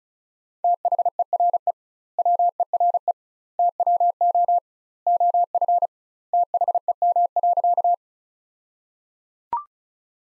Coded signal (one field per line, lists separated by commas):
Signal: Morse code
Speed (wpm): 34 wpm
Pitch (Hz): 700 Hz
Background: none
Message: THERE WERE TWO OF THEM.